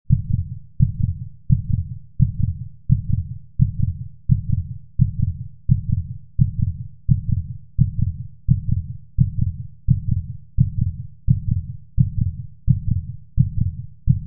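Steady, regular low thumping heartbeat of an adult at about 86 beats per minute, with no other sounds.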